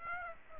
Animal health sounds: mosquito wingbeat signal from an infrared sensor; Aedes aegypti

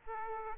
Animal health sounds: mosquito wingbeat signal from an infrared sensor; Aedes aegypti

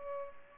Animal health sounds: mosquito wingbeat signal from an infrared sensor; Culex pipiens

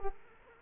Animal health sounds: mosquito wingbeat signal from an infrared sensor; Culex quinquefasciatus

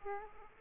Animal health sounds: mosquito wingbeat signal from an infrared sensor; Aedes aegypti

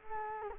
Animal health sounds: mosquito wingbeat signal from an infrared sensor; Culex quinquefasciatus

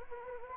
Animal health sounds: mosquito wingbeat signal from an infrared sensor; Anopheles gambiae

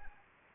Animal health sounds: mosquito wingbeat signal from an infrared sensor; Anopheles arabiensis

